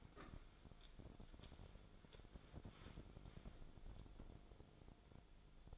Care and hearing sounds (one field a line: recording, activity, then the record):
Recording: daily activity, microphone in the room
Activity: wipe stove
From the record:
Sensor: 5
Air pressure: 1000.6 hPa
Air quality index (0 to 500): 156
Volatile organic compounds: 2 ppm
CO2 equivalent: 1201 ppm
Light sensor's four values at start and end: 50/107/49/55 and 50/107/49/55